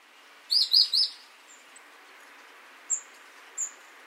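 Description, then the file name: Great tit giving three quick high, sharp notes in a tight burst, followed by two thin isolated chips, over a steady soft background hiss. "Parus major"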